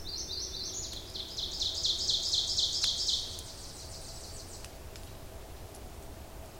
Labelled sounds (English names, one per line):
Ovenbird song